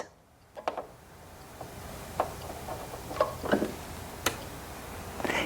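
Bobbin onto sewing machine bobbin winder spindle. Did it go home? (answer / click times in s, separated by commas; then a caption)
yes / 4.3 s. A plastic bobbin is placed on the bobbin-winder spindle of a Janome MC8200 sewing and quilting machine and turned clockwise, with a series of small ticks and taps around 0.7, 2.2 and 3.5 s. A sharp click at 4.3 s marks the bobbin locking in place on the spindle, followed by a faint rustle at the end.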